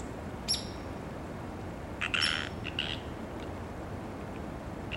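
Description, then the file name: Sierran treefrog making a brief raspy creak followed by a shorter second note, set against continuous background hiss. Calls given on land. "Psierra Land Calls"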